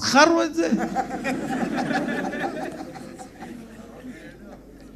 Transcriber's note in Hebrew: הקהל צוחק